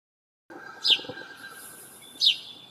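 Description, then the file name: House sparrow calls, two sharp descending chirps roughly a second and a half apart against soft background noise. "Passer domesticus"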